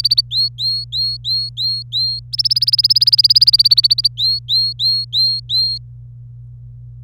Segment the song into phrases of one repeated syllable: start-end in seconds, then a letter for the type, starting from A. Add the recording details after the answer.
0.00-0.21 A, 0.31-2.19 B, 2.33-4.08 A, 4.17-5.78 B, 7.03-7.03 C. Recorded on 25 April 2018 at 17:28. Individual llb3